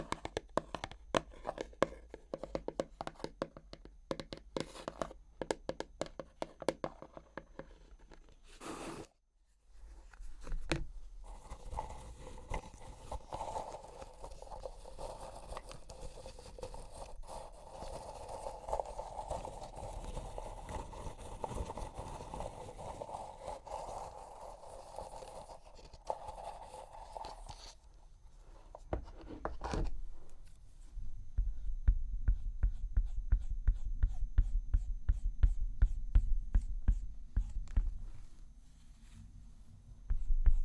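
Makeup cleansing with dense, rapid clicking and tapping for the first nine seconds, then a brief silence. A steady, even rubbing swish takes over until about 28 seconds, followed by quieter crackly taps over a low rumble that grows louder toward the end.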